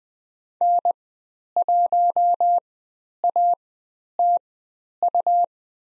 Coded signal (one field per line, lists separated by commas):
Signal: Morse code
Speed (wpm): 20 wpm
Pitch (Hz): 700 Hz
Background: none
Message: N1ATU